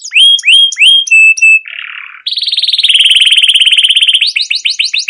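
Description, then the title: Canary singing clear rising whistles and a held note, then a raspy buzz, followed by a long rapid rattling trill and quick upward chirps. Long continuous chattering canary song, used as a lure to stimulate young canaries to sing; presented as learning sounds for young birds. "CUIT CUIT NGEROL LANGSUNG GACOR PANJANG Kenari Ini utk Pancingan KENARI PAUD BELAJAR BUNYI"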